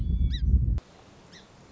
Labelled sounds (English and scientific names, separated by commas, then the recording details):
Song Sparrow (Melospiza melodia)
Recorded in Sonoma County, California